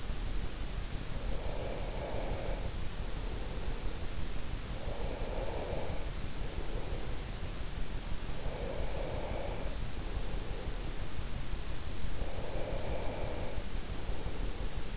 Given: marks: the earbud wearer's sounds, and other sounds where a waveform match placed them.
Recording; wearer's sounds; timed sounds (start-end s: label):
sounds in sleep by an in-ear microphone; breath
0.63-8.13 s: breath
8.38-11.23 s: breath
12.13-14.97 s: breath